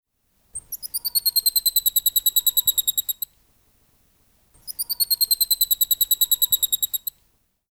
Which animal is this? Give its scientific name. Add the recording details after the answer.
Callimico goeldii. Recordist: Tembrock, Günter. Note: Lautfolgen